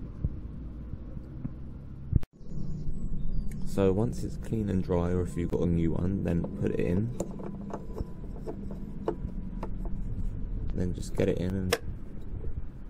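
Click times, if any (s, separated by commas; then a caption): 9.1 s. A cleaned mass air flow sensor on a Toyota Yaris is pushed into its housing in the air intake, slotting in past the rubber seal, while someone talks over a low steady hum. A sharp click at 9.1 s marks the sensor seating in the intake housing.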